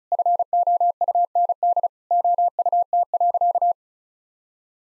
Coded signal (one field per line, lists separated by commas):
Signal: Morse code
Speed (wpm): 34 wpm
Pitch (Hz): 700 Hz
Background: none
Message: FOUND OUT.